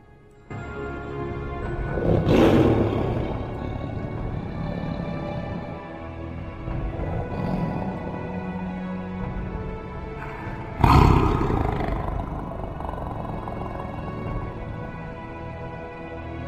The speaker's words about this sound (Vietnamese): Tiếng phẫn nộ của nó gầm lên, vang vọng cả trời đất, chấn động cả thiên địa.